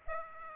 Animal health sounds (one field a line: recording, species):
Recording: mosquito wingbeat signal from an infrared sensor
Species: Aedes aegypti